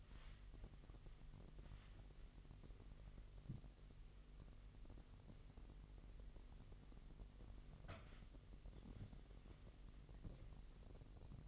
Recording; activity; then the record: daily activity, microphone in the room; wipe stove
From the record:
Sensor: 4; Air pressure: 1001.6 hPa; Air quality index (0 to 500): 246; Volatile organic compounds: 39 ppm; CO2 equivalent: 3135 ppm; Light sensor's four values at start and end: 8/19/7/7 and 8/18/7/6